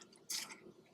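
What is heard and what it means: A 120 roll-film spool is dropped into the film chamber of a Mamiya C220 twin-lens reflex camera and handled into place. Faint ticks are heard near 0.0 s and 0.2 s, then a louder bright, hissy scrape at about 0.3 s that fades over the next tenth of a second. The spool has not clicked into its holder yet.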